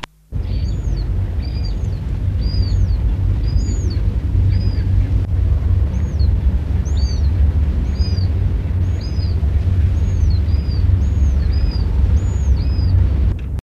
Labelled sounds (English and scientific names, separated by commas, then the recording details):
Western Marsh Harrier (Circus aeruginosus) call
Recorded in captivity
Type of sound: call
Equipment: Halbspur, 9,5 cm/s
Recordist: Lütgens, Hans
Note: Weibchen Balz